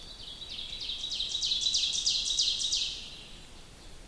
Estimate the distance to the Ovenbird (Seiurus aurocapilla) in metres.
about 35 m